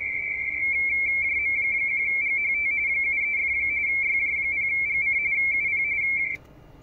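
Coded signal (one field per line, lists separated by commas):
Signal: RTTY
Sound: rapid warbling two-tone teletype chatter around 2 kHz for six seconds, then stops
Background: radio static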